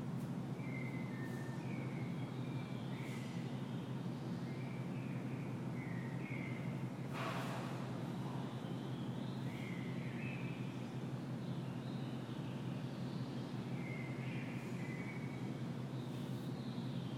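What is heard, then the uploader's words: Birds chirp in short, bright bursts through the whole stretch over a steady low rumble of city traffic. Around seven seconds a sharper, louder clatter cuts through briefly before the chirping and hum carry on. Waking up to birds at Hotel Condesa DF by Bougie.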